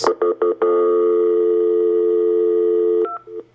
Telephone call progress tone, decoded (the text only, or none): dial tone